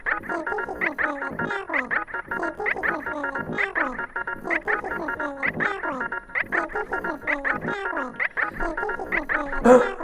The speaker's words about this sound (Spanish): Ahí está. Hermosa tos. Con todo el corazón y todo el sentimiento.